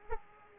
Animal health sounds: mosquito wingbeat signal from an infrared sensor; Aedes aegypti

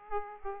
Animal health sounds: mosquito wingbeat signal from an infrared sensor; Aedes aegypti

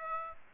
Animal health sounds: mosquito wingbeat signal from an infrared sensor; Aedes aegypti

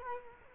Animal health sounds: mosquito wingbeat signal from an infrared sensor; Culex quinquefasciatus

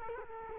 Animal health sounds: mosquito wingbeat signal from an infrared sensor; Culex quinquefasciatus

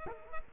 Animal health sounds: mosquito wingbeat signal from an infrared sensor; Culex quinquefasciatus

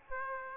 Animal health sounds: mosquito wingbeat signal from an infrared sensor; Aedes aegypti

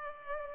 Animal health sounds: mosquito wingbeat signal from an infrared sensor; Culex pipiens

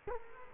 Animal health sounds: mosquito wingbeat signal from an infrared sensor; Culex quinquefasciatus

